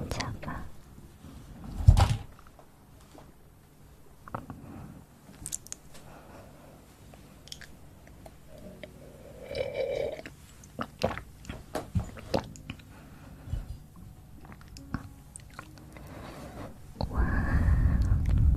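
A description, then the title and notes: Sounds right at the mouth: scattered wet clicks, smacks and small chewing-like noises come irregularly through the quiet. A louder burst near two seconds, a soft murmur around ten seconds, and a longer low rumbling breath or burp at the end. Sounds close to the mouth!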